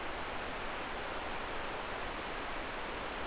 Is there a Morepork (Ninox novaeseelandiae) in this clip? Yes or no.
no